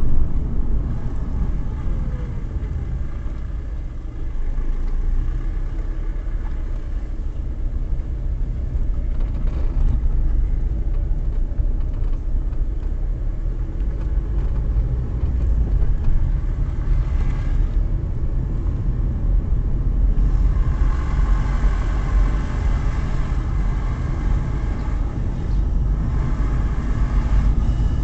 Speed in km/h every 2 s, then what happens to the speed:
22, 14, 8, 8, 7, 7, 14, 16, 16, 20, 22, 22, 24, 26.
0-3 brakes to 8. 3-9 steady at about 8. 9-28 speeds up to 26.